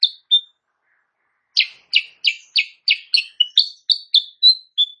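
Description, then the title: Sooty-headed bulbul song: two chirps, a silent gap, then a lively string of sharp chirps and clear whistled notes. Kutilang Sutra type; singing actively (gacor) in the morning; tutor recording (masteran) for training songbirds, said to make rival birds answer. "Masteran Kutilang Sutra. Kutilang Sutra GACOR pagi hari bikin lawannya AUTO NYAUT"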